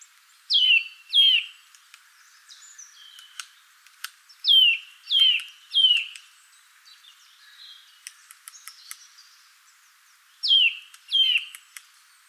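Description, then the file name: Eurasian nuthatch calls, clear whistled notes dropping sharply in pitch, given in pairs and triplets with pauses, plus faint softer chirps and a few clicks between. "Sitta europaea"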